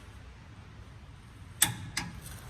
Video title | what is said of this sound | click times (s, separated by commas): Repairing suspension stud | okay you hear it click | 1.6 s